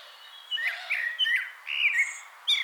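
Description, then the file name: Common blackbird calling with short chirping and warbled notes around mid-high pitch, several bursts in under three seconds, plus a brief higher whistled tone. "Turdus merula"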